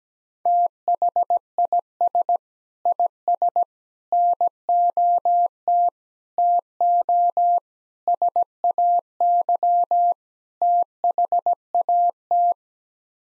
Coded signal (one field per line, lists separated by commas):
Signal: Morse code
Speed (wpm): 17 wpm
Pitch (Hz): 700 Hz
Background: none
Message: THIS IS NOT TO SAY THAT